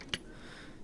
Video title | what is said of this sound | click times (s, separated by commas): Install Coilovers on a Mercedes-Benz (Front) | and see heard that nice clunk | 0.1 s